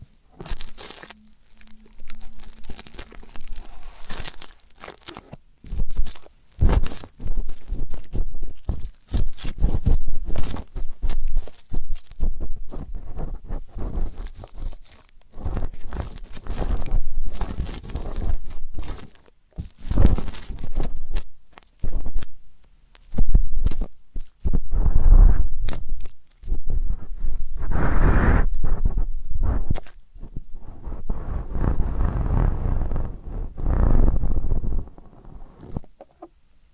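Deep ear canal and eardrum cleaning, heard as dense crackling, rustling and scraping bursts that start and stop irregularly throughout. Louder, fuller rubbing swells arrive around 25, 28 and 31–35 seconds, with brief quiet gaps between the scratchy passages.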